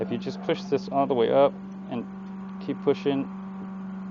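The head of a 10-inch compound miter saw is pushed all the way up toward its raised-position lock while someone talks over a steady low hum. The clip ends before the head catches, so nothing has locked or clicked into place yet.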